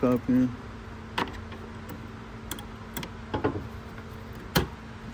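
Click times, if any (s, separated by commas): 4.6 s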